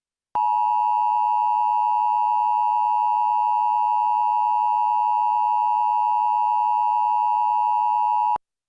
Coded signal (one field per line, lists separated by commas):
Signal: Emergency Alert System (SAME) tones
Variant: 853 and 960 Hz attention tone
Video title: Eas Scenario The Superior race Pt 3 The World Turned Upside Down